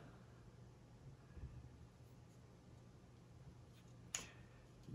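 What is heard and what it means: A wooden peg is inserted into a hole in a plywood model and rotated, but it stops short and does not go all the way in; it needs rotating to pass a slot. After quiet handling noise and a low hum, a sharp click at 4.1 s marks the peg hitting its stop. A faint tick follows at 5.0 s.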